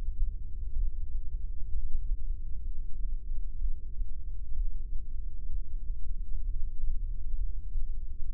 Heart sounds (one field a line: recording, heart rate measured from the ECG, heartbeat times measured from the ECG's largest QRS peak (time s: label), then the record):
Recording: heart sounds by microphone in the right ear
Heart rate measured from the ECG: 64 bpm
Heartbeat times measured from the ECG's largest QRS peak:
0.75 s: heartbeat
1.72 s: heartbeat
2.65 s: heartbeat
3.60 s: heartbeat
4.55 s: heartbeat
5.50 s: heartbeat
6.44 s: heartbeat
7.37 s: heartbeat
8.30 s: heartbeat
From the record:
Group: heart failure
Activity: rest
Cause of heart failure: idiopathic cardiomyopathy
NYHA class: 1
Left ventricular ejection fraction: 50%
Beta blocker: bisoprolol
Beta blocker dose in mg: 5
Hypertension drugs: candesartan, spironolactone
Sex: male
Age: 54 years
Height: 180 cm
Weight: 94.6 kg